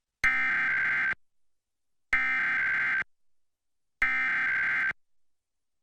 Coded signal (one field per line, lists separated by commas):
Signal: Emergency Alert System (SAME) tones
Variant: header bursts